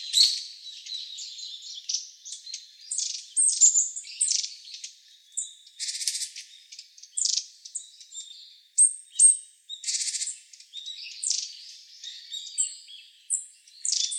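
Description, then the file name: Long-tailed tit giving high, thin chirps with scattered buzzy trills, irregular throughout, with brief quieter gaps. "enaga"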